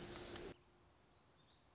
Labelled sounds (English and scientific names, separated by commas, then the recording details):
Black-throated Gray Warbler (Setophaga nigrescens)
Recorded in Sonoma County, California